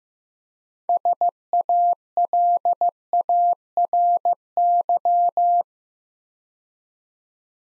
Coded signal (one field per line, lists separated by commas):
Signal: Morse code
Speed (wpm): 15 wpm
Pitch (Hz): 700 Hz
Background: none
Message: SALARY